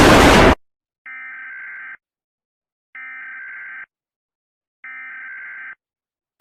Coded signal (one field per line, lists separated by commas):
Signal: Emergency Alert System (SAME) tones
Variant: header bursts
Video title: Massachusetts eas alarm